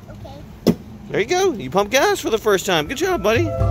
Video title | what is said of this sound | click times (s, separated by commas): Hawaii Vacation - Ep 10 - Jan 13 - Day 10 | sure you got no no you guys click like that see that's how you know it's in there | 0.7 s